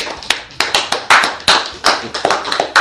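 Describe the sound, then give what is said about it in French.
An audience claps for an elder, a steady stream of sharp, loud hand claps falling into a rough, fairly even rhythm, with no talking over it. “Applaudissons pour l'ancien cela.”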